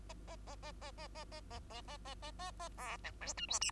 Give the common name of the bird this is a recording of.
Bengalese Finch